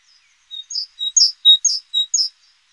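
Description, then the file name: Great tit calls: a quick series of about eight high, sharp chirps, some doubled, over roughly two seconds against a quiet background. "Parus major"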